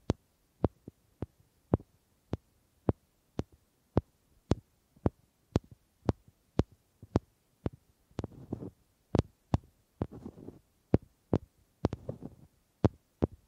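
Sharp wooden knocks repeat at a steady pace, about two per second, with soft rustling scrapes mixed in around eight to twelve seconds.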